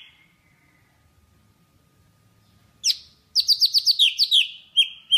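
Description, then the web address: Java sparrow song: a faint whistle, a near-silent pause, then a fast burst of repeated chirps ending in two falling whistles. "tieng chim thanh tuoc hot. tieng dong vat"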